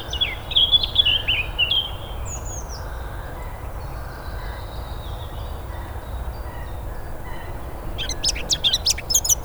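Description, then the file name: Eurasian blackcap song: a quick scratchy warble over the first two seconds, faint thin notes after, then a burst of sharp clicking notes near the end, over steady low rumble. "Sylvia atricapilla"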